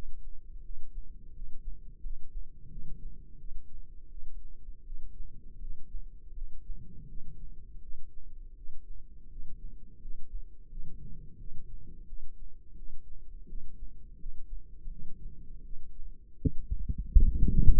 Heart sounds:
heart sounds by microphone in the left ear; 84 bpm
0.62 s: heartbeat
1.33 s: heartbeat
2.01 s: heartbeat
2.69 s: heartbeat
3.37 s: heartbeat
4.08 s: heartbeat
4.83 s: heartbeat
5.59 s: heartbeat
6.33 s: heartbeat
7.06 s: heartbeat
7.80 s: heartbeat
8.54 s: heartbeat
9.28 s: heartbeat
9.99 s: heartbeat
10.68 s: heartbeat
11.37 s: heartbeat
12.05 s: heartbeat
12.75 s: heartbeat
13.46 s: heartbeat
14.17 s: heartbeat
14.89 s: heartbeat
15.62 s: heartbeat
16.37 s: heartbeat
17.14 s: heartbeat
From the record:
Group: healthy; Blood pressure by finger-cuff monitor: 125/72 mmHg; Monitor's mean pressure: 89 mmHg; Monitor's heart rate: 84 bpm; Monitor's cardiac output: 8.3 L/min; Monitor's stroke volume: 99 mL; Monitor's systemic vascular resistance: 780 dyn s/cm5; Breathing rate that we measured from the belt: 15 breaths a minute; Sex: male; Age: 33 years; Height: 179 cm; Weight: 80.4 kg

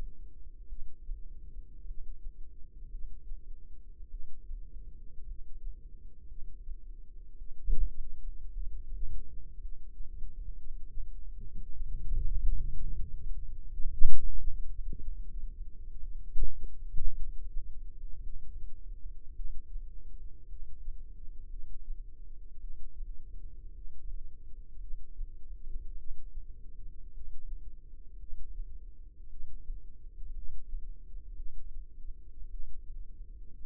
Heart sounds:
heart sounds by microphone in the left ear; 55 bpm
0.67 s: heartbeat
1.85 s: heartbeat
2.89 s: heartbeat
4.09 s: heartbeat
5.26 s: heartbeat
6.27 s: heartbeat
7.37 s: heartbeat
8.51 s: heartbeat
9.60 s: heartbeat
10.55 s: heartbeat
11.72 s: heartbeat
12.84 s: heartbeat
13.95 s: heartbeat
14.97 s: heartbeat
16.00 s: heartbeat
17.15 s: heartbeat
18.21 s: heartbeat
19.34 s: heartbeat
20.47 s: heartbeat
21.48 s: heartbeat
22.59 s: heartbeat
23.73 s: heartbeat
24.79 s: heartbeat
25.96 s: heartbeat
27.12 s: heartbeat
28.18 s: heartbeat
29.28 s: heartbeat
30.33 s: heartbeat
31.34 s: heartbeat
32.49 s: heartbeat
33.63 s: heartbeat
From the record:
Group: healthy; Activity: cold pressor test 0-8 s, rest 8-34 s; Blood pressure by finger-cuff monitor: 94/65 mmHg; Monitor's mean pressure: 74 mmHg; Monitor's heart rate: 54 bpm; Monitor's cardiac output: 4.1 L/min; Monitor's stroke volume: 75 mL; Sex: female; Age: 36 years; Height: 163 cm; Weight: 88 kg

